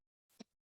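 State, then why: Seated. A wheelchair's swing-away footrest is swung forward into the wheelchair frame, with a soft rustling movement from about 0.3 s. It ends in a sharp snap at 0.4 s as the footrest seats and locks in place.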